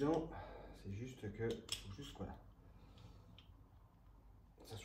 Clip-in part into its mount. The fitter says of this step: bien clipsé tac c'est que c'est costaud